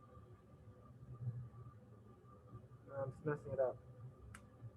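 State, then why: Seated. A lens nut is backed off its metal housing once more to repeat the demonstration, then turned backwards on the fine threads while someone talks. A sharp, brief click at 4.4 s marks the thread start dropping into alignment, and the nut is seated.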